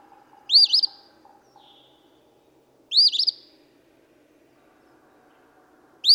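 Eastern phoebe repeating its harsh, snappy two-part song every few seconds, the last one cut short, over a low steady tone.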